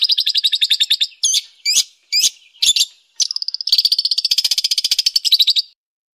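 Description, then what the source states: Long-tailed shrike song: rapid buzzy chattering trills, interrupted by several short harsh notes, then a long fast rattling series that stops abruptly. Master song for training songbirds.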